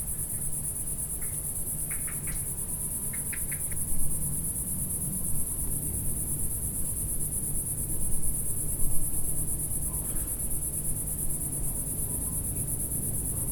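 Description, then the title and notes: Cicada's continuous high buzzing trill, with a few short bright chirps early on and a low background rumble. Single cicada in a garden in a small village in Picardy, northern France; early evening warmth, among lavender bushes and myrtles. "Sound Escape 137: Enter a trance-like state to the song of a cicada in a French garden. We’re in the garden in a small village in Picardy in Northern France. The early evening warmth teases sweet scent from the lavender bushes and myrtles while a single cicada plays its eternal silvery zither, drawing down the night. BBC Countryfile Magazine's Sound Escapes. Recorded by Fergus Collins"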